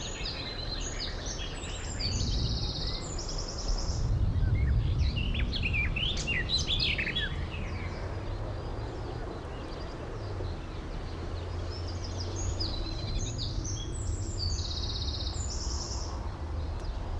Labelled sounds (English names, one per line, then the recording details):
Garden Warbler
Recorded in the wild
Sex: male
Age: adult
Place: Blankenfelde, Tegeler Fließ, Berlin, DE
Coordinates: 52.645, 13.395
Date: 1992-05-31 11:06
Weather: sonnig, 23-26°C
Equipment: Marantz CP 430, Sennheiser ME 80, K 30 AV, Kopie Tesla B 116
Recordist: Tembrock, Günter